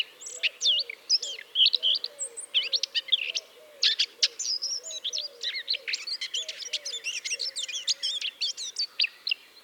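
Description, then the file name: Eurasian blackcap warbling rapidly in scratchy, varied phrases, while soft low notes repeat steadily beneath. "Sylvia atricapilla"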